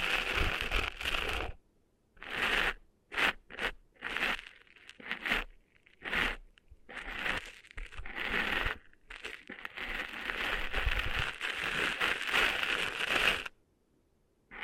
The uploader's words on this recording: ASMR Cleaning Sand Out of Your Ears (No Talking).